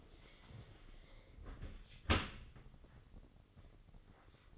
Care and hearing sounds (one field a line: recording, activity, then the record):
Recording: daily activity, microphone in the room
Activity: close dishwasher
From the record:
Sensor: 4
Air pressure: 996.5 hPa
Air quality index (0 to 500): 88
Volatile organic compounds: 4 ppm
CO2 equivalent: 1690 ppm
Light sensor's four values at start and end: 20/54/21/23 and 19/52/20/22